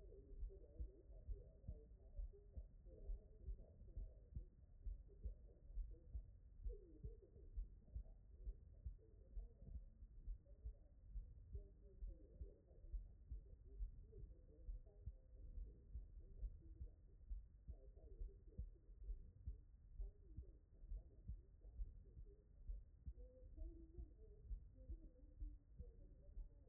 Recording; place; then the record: heart sounds by stethoscope; mitral valve (MV)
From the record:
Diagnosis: non-HFrEF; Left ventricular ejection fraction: 57%